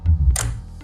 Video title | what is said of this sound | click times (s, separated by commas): Black magic Demo | that's that's the click sound that means uh it's safe it's safe for the uh for you to use the camera | 0.4 s